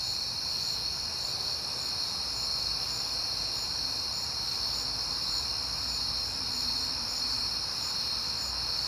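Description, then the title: Crickets chirp continuously in a dense chorus, one high even trill layered with quick pulsed chirps, and a soft low rumble beneath. Crickets recorded at night in September with passing cars, on a peaceful night. "Night Time: Crickets and Passing Cars"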